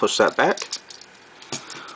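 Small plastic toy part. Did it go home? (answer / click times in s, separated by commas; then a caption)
yes / 1.5 s. Someone talks while pushing a section of a plastic Transformers Classics Deluxe Optimus Prime robot action figure back during its transformation. After a few faint clicks, the body section snaps into its locked position with a sharp click at 1.5 s, and the part is seated.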